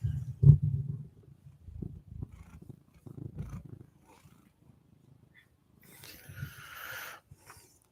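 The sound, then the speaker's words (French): A cat with a healing ear infection makes low, rumbling vocal sounds in uneven bursts, a loud throaty burst at the start and softer growls after, followed by a short stretch of hissy, rustling noise near the end. “Oui, allô, Minou, ouais. Bon, qu'est-ce que tu fais là?”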